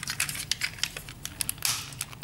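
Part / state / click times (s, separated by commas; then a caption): plastic leg/foot joint locking into the figure's lower body / not seated / none. A plastic Dark of the Moon Autobot Ratchet action figure is handled mid-transformation, its feet and legs being pushed toward the lower body where the leg/foot joint should lock with a click. Light plastic ticks, taps and rustling scrapes come in quick bursts, with sharper snaps near 0.5, 0.8, 1.4, 1.5 and 1.7 seconds. Nothing has seated or clicked into place yet.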